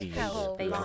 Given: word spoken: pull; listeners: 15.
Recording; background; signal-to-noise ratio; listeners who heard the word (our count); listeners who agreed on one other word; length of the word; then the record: one English word in noise, from a listening test; four-talker babble; -1.9 dB; 1 of 15; 6 of 15; 0.45 s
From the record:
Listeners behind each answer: 6, 2, 2, 1, 1, 1, 1, 1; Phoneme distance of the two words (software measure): 27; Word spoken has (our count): 1 syllable, 3 phonemes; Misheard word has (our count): 1 syllable, 4 phonemes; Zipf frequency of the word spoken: 4.94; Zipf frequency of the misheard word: 5.75